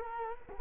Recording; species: mosquito wingbeat signal from an infrared sensor; Culex quinquefasciatus